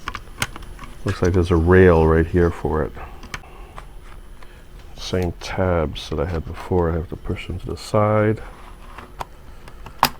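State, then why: Seated. A drive is pushed into the metal rail of a drive bracket in a small ITX server case, with the side tabs pushed aside. Someone talks over scattered light clicks and taps. A sharp click at 10.0 s marks the drive locking into place.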